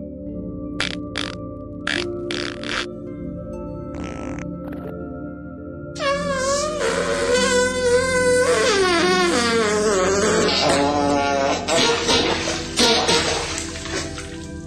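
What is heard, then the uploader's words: A low steady hum and a few short hissing bursts fill the first six seconds. Then a loud, drawn-out fart sound takes over, its pitch wobbling and sliding up and down for about eight seconds before it fades back toward the hum. ASMR 30 Minutes of Fart Sounds.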